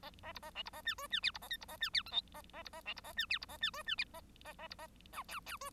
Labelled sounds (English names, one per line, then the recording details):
Bengalese Finch song
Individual Bird1